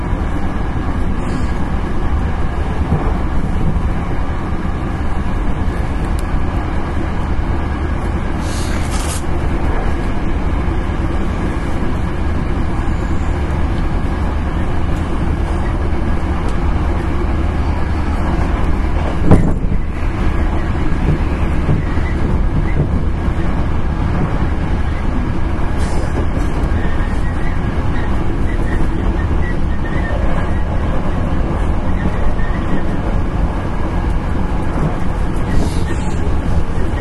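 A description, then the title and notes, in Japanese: An electric express train runs steadily with a dense low rumble and rail noise, a brief sharp clack near the middle. 阪急電鉄 9300系電車の走行音です。京都線の特急列車にて収録しました。Hankyu Electric Railway 9300 series。From Kawaramachi (Kyoto) to Umeda (Osaka)。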